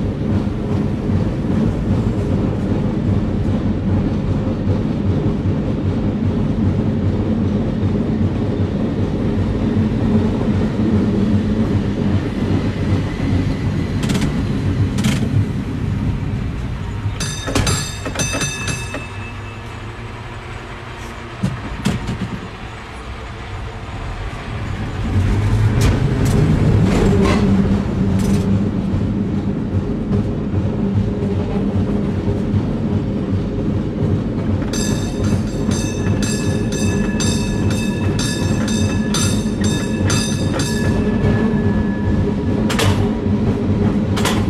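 A cable car rumbles along the street, a dense, low, steady grinding and rattling with sharp metallic clanks scattered throughout. Bright ringing bursts come near 17 seconds and again around 35 seconds. The noise eases briefly around 20 to 24 seconds, then swells back up.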